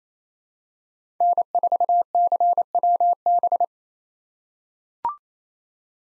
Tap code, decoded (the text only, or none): none